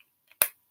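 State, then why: Seated. A top cap on a small oil-dispensing container is closed and shuts with one sharp click at 0.4 s, preceded by two faint ticks near 0.0 s and 0.3 s. The cap is seated.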